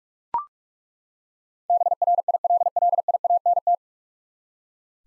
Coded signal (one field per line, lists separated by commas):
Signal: Morse code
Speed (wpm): 42 wpm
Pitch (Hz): 700 Hz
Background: none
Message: BRILLIANT